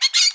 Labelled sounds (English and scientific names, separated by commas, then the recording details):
Brown-throated Parakeet (Eupsittula pertinax) contact call
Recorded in Bonaire
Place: 1 km E of roosting area just N of Seru Largu
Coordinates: 12.199, -68.268